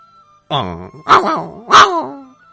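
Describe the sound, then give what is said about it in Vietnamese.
The dog Đại Hắc whimpers in three short, whiny bursts, each a high, tonal cry that bends and slides downward in pitch, with brief pauses between them, while lying on the ground wagging its tail. “Tiếng nghẹn ngào của đại hắc cắt ngang sự mơ hàng của Lý Niệm Phàm.”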